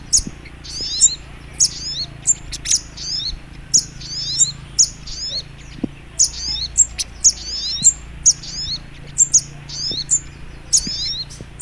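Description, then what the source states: Sogok Ontong Labaik: songbird singing rapid high chirps and short twittering phrases in repeated bursts, with a soft low hum beneath. Training recording (masteran) of a bird called Sogok Ontong Labaik.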